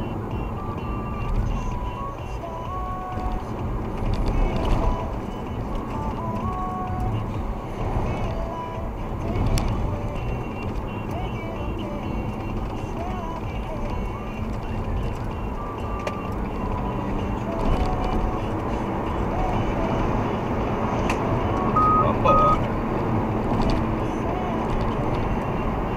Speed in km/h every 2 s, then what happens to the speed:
72, 75, 77, 75, 74, 73, 71, 78, 90, 102, 109, 116, 118.
0-12 steady at about 74. 12-26 speeds up to 118.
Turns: none.